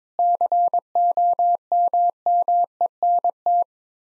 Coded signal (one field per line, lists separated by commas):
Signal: Morse code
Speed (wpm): 22 wpm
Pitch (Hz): 700 Hz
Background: none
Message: COMMENT